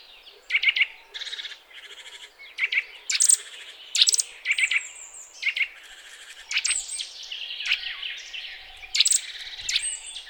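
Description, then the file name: Eurasian nuthatch giving loud, clipped calls in short clusters, mixed with a few drawn-out whistled notes and brief gaps between bursts. "Sitta europaea"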